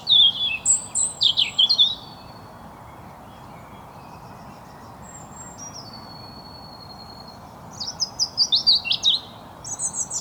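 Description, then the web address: European robin song: a rapid cascade of high trilled notes, then a long near-silent gap with faint thin whistles, before another sparkling burst of trills. "SETE data Erithacus rubecula"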